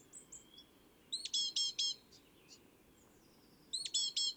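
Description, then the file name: Great tit calling: two bursts of harsh, ringing notes, four then three, separated by soft high whistles and brief slurred chirps. "Parus major"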